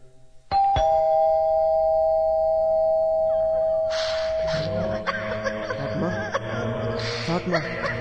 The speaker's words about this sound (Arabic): ندق الجرس.